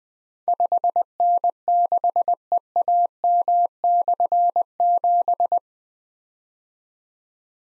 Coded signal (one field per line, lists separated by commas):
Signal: Morse code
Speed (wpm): 20 wpm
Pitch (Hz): 700 Hz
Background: none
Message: 5N6EAM/7